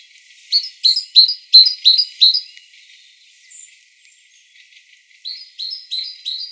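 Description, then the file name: Great tit song: sharp two-note phrases repeated quickly, a run of six, a pause, then four more starting up, with faint other chirps in the gap. "Parus major"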